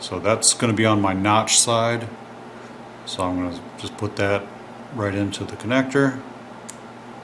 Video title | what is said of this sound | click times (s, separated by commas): How to make feeder wires for shelf Model Railroads | and it snaps right in. | 6.7 s